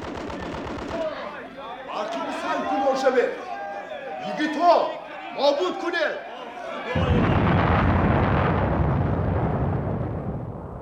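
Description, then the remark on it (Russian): A brief rattle of rapid gunfire gives way to agitated shouting voices, then a loud explosion blowing up a cave entrance bursts out and rolls on as a heavy, sustained roaring rumble for several seconds. “Там взрыв. Они взорвали вход в пещеру, полковник.”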